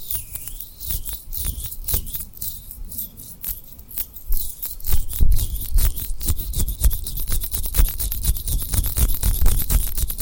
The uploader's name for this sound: Tapping & Rubbing Rhinestone Lip Triggers